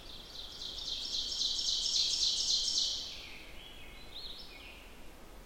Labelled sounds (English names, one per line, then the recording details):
Ovenbird song
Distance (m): 35 m
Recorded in boreal forest in Alberta, Canada, on 14 June 2016 at 06:27
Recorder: SongMeter 3, array SBT-3-33
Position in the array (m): 128 m, 36 m
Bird 21